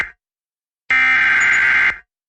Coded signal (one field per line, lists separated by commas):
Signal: Emergency Alert System (SAME) tones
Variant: header bursts